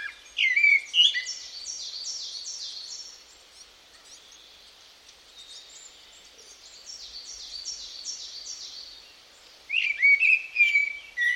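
Bird calls: brief whistles, then long runs of rapid, high, downslurred notes repeating, ending with warbled whistles.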